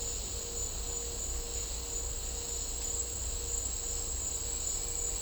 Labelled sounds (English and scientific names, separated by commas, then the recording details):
none
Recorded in dense forest near Puerto Asís, Putumayo, Colombia, on 20 December 2024 at 10:00
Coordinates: 0.499, -76.324
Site G045